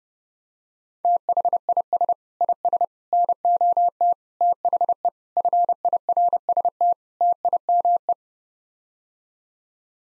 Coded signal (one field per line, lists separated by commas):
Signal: Morse code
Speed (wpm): 30 wpm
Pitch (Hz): 700 Hz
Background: none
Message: THIS IS NOT THE FIRST TIME